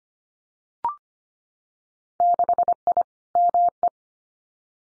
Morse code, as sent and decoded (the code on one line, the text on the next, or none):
-.... .. / -- .
6I ME